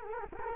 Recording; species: mosquito wingbeat signal from an infrared sensor; Culex quinquefasciatus